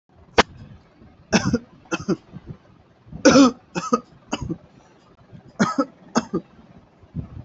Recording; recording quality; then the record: heavy voluntary cough; moderate, slight background noise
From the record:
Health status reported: healthy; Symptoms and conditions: none ticked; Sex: male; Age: 25 years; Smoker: not ticked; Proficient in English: yes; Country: India